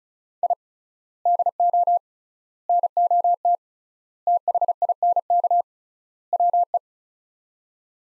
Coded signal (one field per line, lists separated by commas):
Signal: Morse code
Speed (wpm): 34 wpm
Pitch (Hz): 700 Hz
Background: none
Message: I DO NOT THINK WE